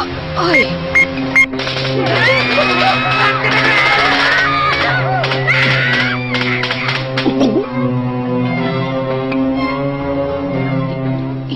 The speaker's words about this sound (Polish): Krzyki ustały.